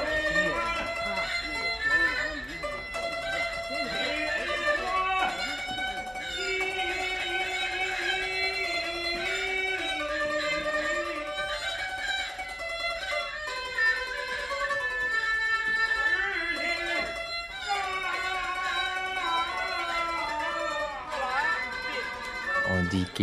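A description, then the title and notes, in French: Continuous, fairly loud sound from an outdoor gathering, dominated by sustained, wavering tones that slide between pitches like amplified singing or music accompanying dancing. Voices mingle underneath throughout, with no pauses across the whole stretch. Ambiances dans un parc à Pékin (Beijing). Octobre 03. On entend les cris du kung-fu, les danses des jeunes et la gymnastique des anciens.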